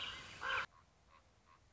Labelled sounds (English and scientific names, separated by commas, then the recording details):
Common Raven (Corvus corax)
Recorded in Sonoma County, California